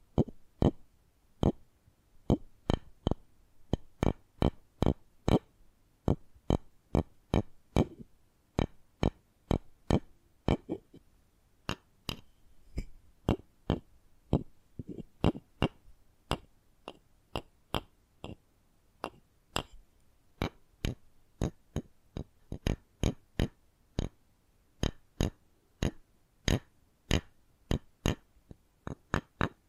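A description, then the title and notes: ASMR triggers made of crisp, sharp taps and clicks that run through the whole half-minute at roughly two to three per second. The rhythm is uneven, with quick clusters and brief gaps, over a faint, soft low murmur between hits. ASMR Hypnotizing Sensitive Triggers.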